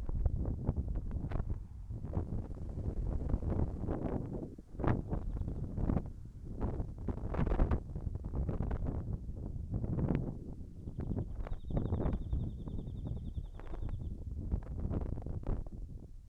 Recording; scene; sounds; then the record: everyday scene through a hearing-aid microphone; wind on the microphone; wind, birds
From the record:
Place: in front of a rural house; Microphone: behind the ear, right, rear